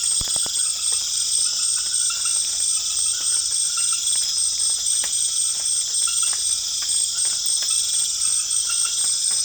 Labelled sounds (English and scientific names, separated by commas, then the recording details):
none
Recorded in secondary vegetation near Puerto Asís, Putumayo, Colombia, on 24 June 2025
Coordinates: 0.488, -76.319
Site G094